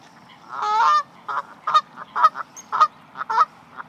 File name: Various Birds - Canada Goose